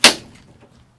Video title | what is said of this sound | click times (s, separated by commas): AFFORDABLE Tonneau Covers! The ULTIMATE Truck Bed Cover Comparison | snaps into place now I've always been in the habit of once I snap it into place I'll go back around | 0.0 s